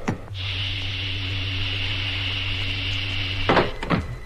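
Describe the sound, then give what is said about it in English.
A cabin hatch opening from an airlock: a steady mechanical hiss with a low hum runs for about three seconds, then cuts off into two sharp, loud clunks a moment apart. “Now opening cabin hatch.”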